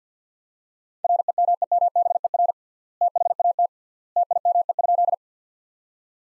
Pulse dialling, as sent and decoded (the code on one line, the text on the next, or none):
none